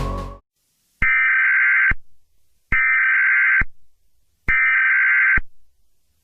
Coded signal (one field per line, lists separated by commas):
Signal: Emergency Alert System (SAME) tones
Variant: header bursts